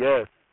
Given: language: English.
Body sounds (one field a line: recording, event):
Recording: throat vibration sensor signal played as sound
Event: speech